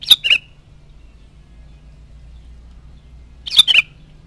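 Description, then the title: Sooty-headed bulbul singing two short bubbly phrases about three and a half seconds apart, with quiet background hum. "Kutilang"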